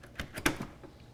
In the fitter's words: lined up correctly and then we can just push and we should hear it click